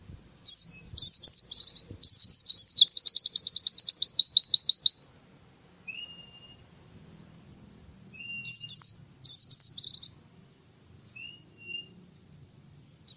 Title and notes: Kicauan Kenari Durasi Panjang 1. Masteran Burung Lengkap